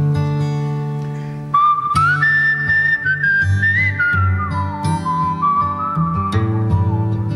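A clear whistled melody, the introduction to a song, starts after a moment, a bright single-note line gliding up then stepping down in pitch, carried over a steady instrumental accompaniment with no talking.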